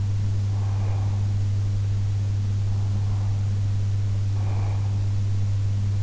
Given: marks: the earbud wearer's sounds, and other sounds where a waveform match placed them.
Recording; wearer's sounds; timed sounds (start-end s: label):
sounds in sleep by an in-ear microphone; breath
0.61-1.24 s: breath
2.69-4.99 s: breath